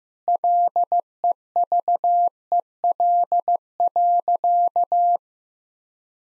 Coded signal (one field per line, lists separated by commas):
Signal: Morse code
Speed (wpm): 15 wpm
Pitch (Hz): 700 Hz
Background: none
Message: LEVEL.